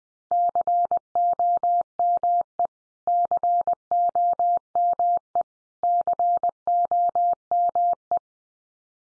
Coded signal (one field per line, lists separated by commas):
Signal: Morse code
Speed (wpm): 20 wpm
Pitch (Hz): 700 Hz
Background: none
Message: COME COME COME